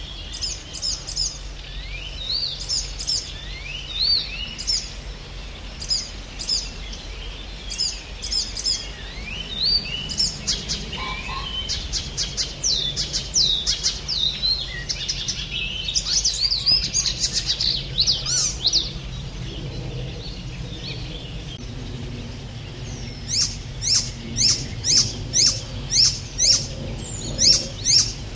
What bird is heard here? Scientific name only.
Hippolais icterina